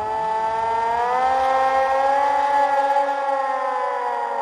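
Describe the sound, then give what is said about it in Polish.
A hand-cranked siren, cranked for the third time, wails steadily across fields, its rich harmonic tone sliding slowly upward and then holding a high, sustained howl. It sounds loud and unbroken, with no voices. “Zakręcił korbą trzeci raz i po polach znowu poniosło się wycie syreny.”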